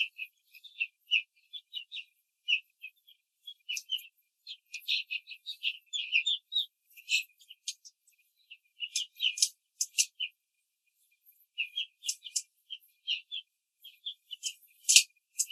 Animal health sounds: young laying hens in a cage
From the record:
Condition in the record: control cage, before the stress test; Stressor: none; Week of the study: 4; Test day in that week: 1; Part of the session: 3

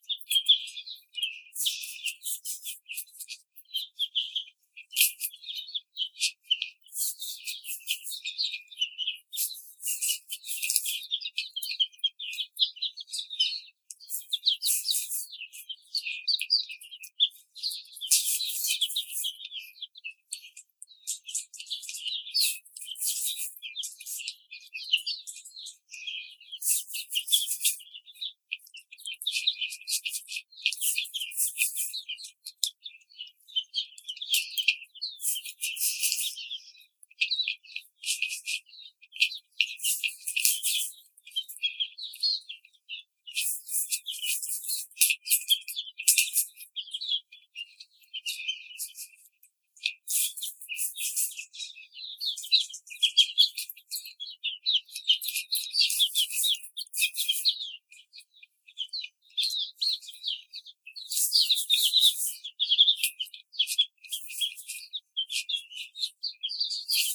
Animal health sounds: young laying hens in a cage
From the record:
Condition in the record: treatment cage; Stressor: simulated dog barking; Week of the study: 5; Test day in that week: 1

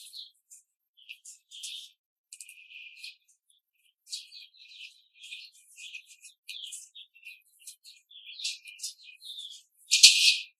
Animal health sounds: young laying hens in a cage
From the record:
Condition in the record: control cage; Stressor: none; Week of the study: 5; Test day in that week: 1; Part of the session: 4

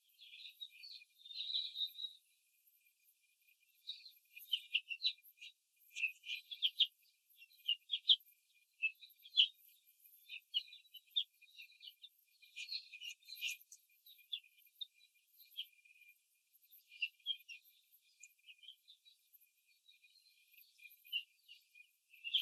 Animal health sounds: young laying hens in a cage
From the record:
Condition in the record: control cage, after the stress test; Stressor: none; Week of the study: 4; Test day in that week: 3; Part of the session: 1

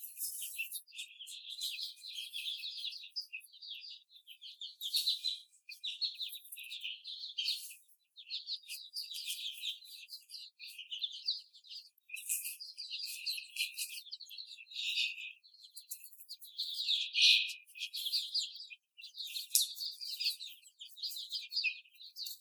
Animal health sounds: young laying hens in a cage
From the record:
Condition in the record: before the stressor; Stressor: simulated dog barking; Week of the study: 4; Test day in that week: 2

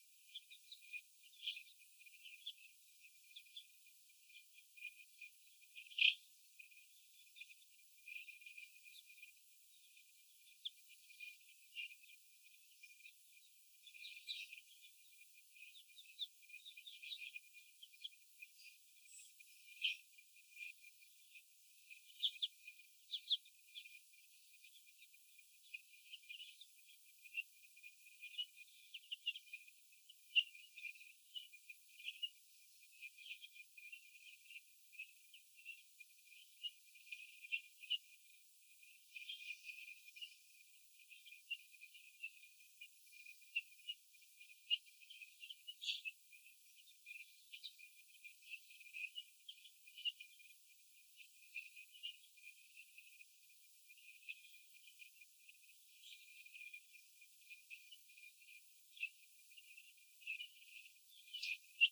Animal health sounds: young laying hens in a cage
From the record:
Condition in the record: after the stressor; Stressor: sudden umbrella opening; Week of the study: 2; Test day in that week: 1

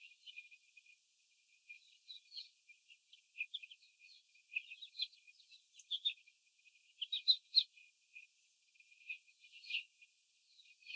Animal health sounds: young laying hens in a cage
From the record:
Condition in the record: after the stressor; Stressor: simulated dog barking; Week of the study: 4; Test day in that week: 3

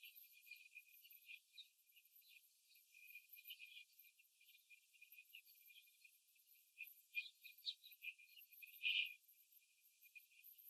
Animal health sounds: young laying hens in a cage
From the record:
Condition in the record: after the stressor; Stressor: simulated dog barking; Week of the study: 3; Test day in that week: 2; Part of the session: 3

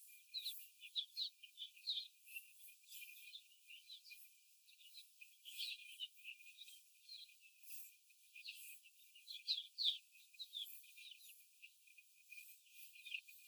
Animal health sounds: young laying hens in a cage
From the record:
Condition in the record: before the stressor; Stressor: simulated dog barking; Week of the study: 4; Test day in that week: 1

